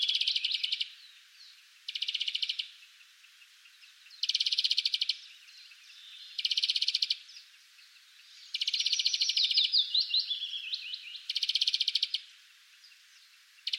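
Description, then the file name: European greenfinch: repeated dry buzzy trills in bursts about every two seconds, with a brief twittering run of notes midway. "Chloris chloris"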